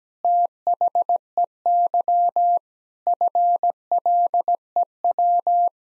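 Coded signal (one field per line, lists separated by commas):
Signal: Morse code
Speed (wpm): 17 wpm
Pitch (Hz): 700 Hz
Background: none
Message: THEY FLEW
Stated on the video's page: Morse code practice at 17 wpm, all-age jokes sent with contextual priming for copying practice.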